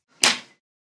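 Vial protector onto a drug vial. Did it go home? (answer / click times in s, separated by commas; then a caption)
yes / 0.2 s. A plastic BD PhaSeal Optima closed-system vial protector is pressed down onto a drug vial. A single sharp snap at 0.2 s marks it seating on the vial, followed by a short fading ring with no talk.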